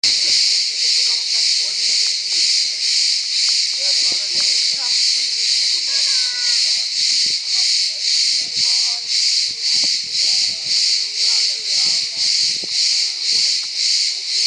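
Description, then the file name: Cicadas giving a loud, dense buzzing hiss that pulses about twice per second. "asklipieion cicale"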